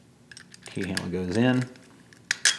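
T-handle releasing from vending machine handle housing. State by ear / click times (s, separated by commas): released / 2.3 s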